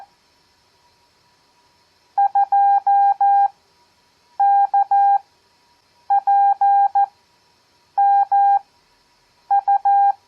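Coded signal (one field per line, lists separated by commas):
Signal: Morse code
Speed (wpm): 14 wpm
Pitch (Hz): 800 Hz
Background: none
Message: 2KPMU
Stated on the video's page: Receiving practice of random five-character groups at 14 WPM with Farnsworth spacing at 7 WPM, audio only.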